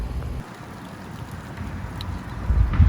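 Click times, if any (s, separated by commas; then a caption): none. A plastic headlight trim piece is positioned on the headlight housing of a Nissan Titan pickup truck so its locating peg fits in place, lining it up before it is popped in. Low rumbling, wind-like noise carries a few faint handling ticks near 0.2, 2.0 and 2.7 seconds, with the rumble growing louder toward the end. The trim is only lined up; nothing has seated or clicked yet.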